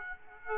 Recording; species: mosquito wingbeat signal from an infrared sensor; Aedes aegypti